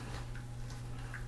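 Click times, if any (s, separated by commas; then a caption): none. A rubbery Build-A-Figure limb is pushed and worked against the peg of a Totally Awesome Hulk action figure torso with some struggle. A steady low hum runs throughout, with two brief soft handling sounds at about 0.4 s and 1.1 s. The limb has not seated or snapped on yet.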